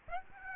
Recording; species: mosquito wingbeat signal from an infrared sensor; Aedes aegypti